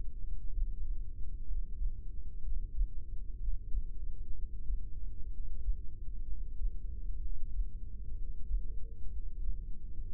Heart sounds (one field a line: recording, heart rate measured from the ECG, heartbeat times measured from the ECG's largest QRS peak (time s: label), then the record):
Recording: heart sounds by microphone in the right ear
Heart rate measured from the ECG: 63 bpm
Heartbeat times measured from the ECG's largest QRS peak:
0.52 s: heartbeat
1.46 s: heartbeat
2.42 s: heartbeat
3.39 s: heartbeat
4.34 s: heartbeat
5.30 s: heartbeat
6.26 s: heartbeat
7.20 s: heartbeat
8.15 s: heartbeat
9.10 s: heartbeat
10.04 s: heartbeat
From the record:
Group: heart failure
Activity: breath hold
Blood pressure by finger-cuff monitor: 105/76 mmHg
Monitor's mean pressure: 85 mmHg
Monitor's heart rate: 63 bpm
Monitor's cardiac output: 5.1 L/min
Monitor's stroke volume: 82 mL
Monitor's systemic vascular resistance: 1190 dyn s/cm5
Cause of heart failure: idiopathic cardiomyopathy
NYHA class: 1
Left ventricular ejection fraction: 50%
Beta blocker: bisoprolol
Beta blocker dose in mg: 5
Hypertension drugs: candesartan, spironolactone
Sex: male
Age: 54 years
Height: 180 cm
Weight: 94.6 kg